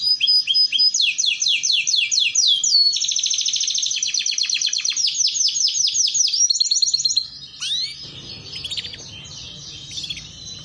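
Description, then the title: Canary song, a long run of fast rolling trills of repeated high notes, ending in scattered chirps over low background noise. Belgian canary song used to warm up, lure and train canaries, a master song for young canaries learning to sing. "Canto Para Esquentar Canário Belga. Terapi Pancingan Suara Kenari Gacor || Masteran Kenari Paud Belajar Bunyi"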